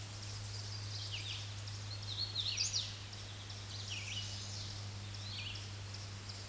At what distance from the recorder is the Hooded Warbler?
about 20 m